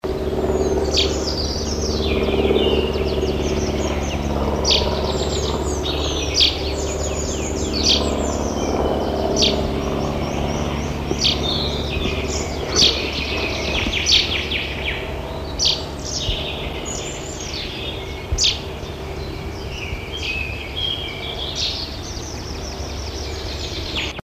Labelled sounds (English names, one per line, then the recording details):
Common Chaffinch call
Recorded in the wild
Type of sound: call
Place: Sackpfeife, DE
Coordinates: 50.9428, 8.53361
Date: 1964-04-17
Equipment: Uher Report 4000, AKG D190
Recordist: Krey, Winfried
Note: Rufe (sperlingsartig)